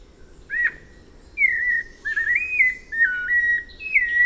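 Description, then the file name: White-necked Thrush song: a brief sharp note, then a run of fluty whistled phrases. "canto do sabia coleira"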